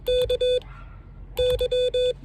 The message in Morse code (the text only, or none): K Y